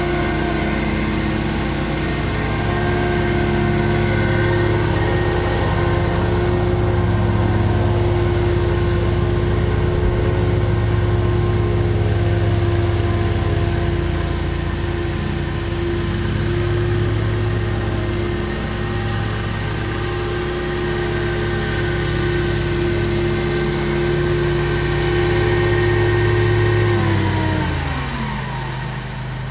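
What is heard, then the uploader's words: A lawn mower engine runs with a steady, droning hum and a strong low rumble, its pitch holding almost constant. Near the end, around 27 seconds, the engine note drops as it slows down, and the sound fades slightly. Cutting the Grass. The lawn maintenance company cutting our lawn.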